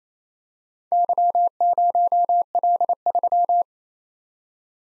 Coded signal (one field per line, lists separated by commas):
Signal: Morse code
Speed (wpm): 31 wpm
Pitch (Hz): 700 Hz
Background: none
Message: Y0L3